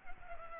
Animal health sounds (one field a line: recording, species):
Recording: mosquito wingbeat signal from an infrared sensor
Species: Culex pipiens